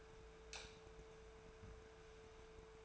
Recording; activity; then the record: daily activity, microphone in the room; light off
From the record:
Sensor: 2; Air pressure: 1014.6 hPa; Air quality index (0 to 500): 188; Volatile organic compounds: 15 ppm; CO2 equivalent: 2487 ppm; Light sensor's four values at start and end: 33/85/36/39 and 28/68/29/33